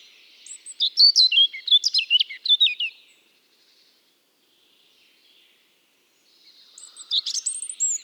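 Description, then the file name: European robin song: a rapid, jumbled phrase of clear chirps and slurred notes, several seconds of silence, then another phrase beginning with a thin high whistle. "Erithacus rubecula"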